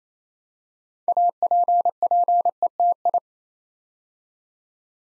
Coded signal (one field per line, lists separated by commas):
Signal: Morse code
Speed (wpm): 27 wpm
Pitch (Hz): 700 Hz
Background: none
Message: APPETI